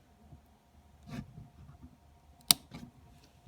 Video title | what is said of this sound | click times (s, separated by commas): how to fix ribbon cable on IPDE402 | gotta wait for that click once it makes that click you know this | 2.5 s